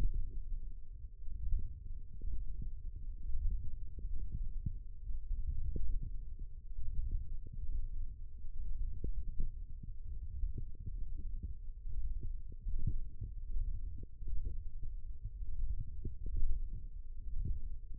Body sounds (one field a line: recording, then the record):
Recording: forearm muscle sounds (acoustic myography)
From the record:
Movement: radial deviation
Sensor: system 1, eight BSWA MPA416 microphones around the upper forearm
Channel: 3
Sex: male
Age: 20 years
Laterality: left